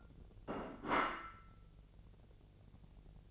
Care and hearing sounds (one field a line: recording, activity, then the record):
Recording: daily activity, microphone in the room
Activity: place plate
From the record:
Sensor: 4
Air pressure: 1001.0 hPa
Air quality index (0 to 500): 143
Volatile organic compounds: 2 ppm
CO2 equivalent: 1055 ppm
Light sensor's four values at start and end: 26/63/26/27 and 26/63/26/27